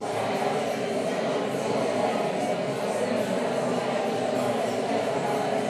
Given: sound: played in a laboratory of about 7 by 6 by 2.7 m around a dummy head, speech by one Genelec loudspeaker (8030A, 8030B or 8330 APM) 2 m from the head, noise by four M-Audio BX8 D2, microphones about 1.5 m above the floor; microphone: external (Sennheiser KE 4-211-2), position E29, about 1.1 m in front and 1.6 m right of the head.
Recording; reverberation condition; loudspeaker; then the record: babble noise; high; four, about 170 cm from the corners of the room and facing them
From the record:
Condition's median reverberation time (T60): about 1300 ms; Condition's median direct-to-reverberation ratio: about -4.0 dB